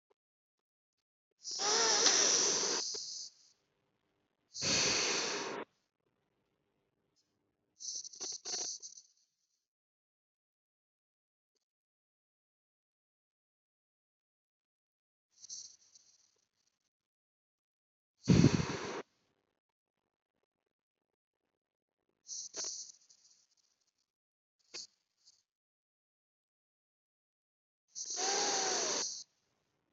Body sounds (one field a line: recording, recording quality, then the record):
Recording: deep breathing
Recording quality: excellent, no background noise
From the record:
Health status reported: healthy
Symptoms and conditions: hypertension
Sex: female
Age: 36 years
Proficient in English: yes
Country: India